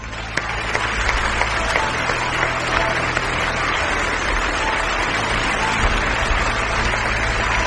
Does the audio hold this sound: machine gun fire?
no